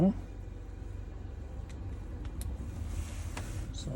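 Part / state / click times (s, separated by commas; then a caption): ignition lock cylinder into steering column housing / seated / 2.4 s. A rekeyed ignition lock cylinder is slid into the steering column housing of a 2019 Kia Rio while someone talks over a steady low rumble. Faint ticks come at about 1.7 and 2.3 seconds, then a sharp click at 2.4 seconds as the cylinder seats in the housing, followed by another tick near 3.4 seconds.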